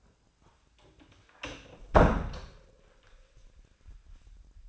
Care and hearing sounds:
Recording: daily activity, microphone in the room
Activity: close door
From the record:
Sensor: 2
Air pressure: 1009.1 hPa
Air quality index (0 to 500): 181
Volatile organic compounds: 3 ppm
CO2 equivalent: 1316 ppm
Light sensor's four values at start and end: 32/85/36/39 and 32/84/36/38

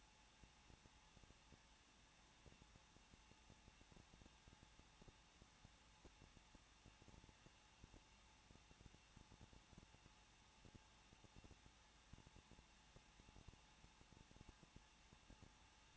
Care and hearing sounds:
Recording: daily activity, microphone in the room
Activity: no activity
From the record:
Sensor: 1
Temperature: 20.1 degrees Celsius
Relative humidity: 39.1%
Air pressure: 1006.3 hPa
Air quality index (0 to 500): 217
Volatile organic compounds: 75 ppm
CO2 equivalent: 3562 ppm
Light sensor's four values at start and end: 1/2/1/1 and 1/2/1/1

